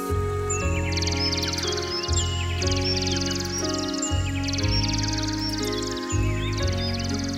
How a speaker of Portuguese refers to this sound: Ele pousava de galho em galho, fazendo piu-piu.